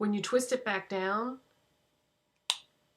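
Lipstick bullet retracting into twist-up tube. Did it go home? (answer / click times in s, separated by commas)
yes / 2.5 s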